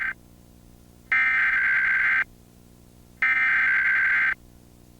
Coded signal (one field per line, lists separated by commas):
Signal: Emergency Alert System (SAME) tones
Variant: header bursts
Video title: Comcast Emergency Alert System - Law Enforcement Warning (January 4, 2024; 10:25pm)